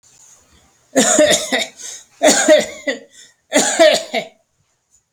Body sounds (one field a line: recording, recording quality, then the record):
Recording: heavy voluntary cough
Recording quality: excellent, no background noise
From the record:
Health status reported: healthy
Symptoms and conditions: diabetes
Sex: male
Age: 67 years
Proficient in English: yes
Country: India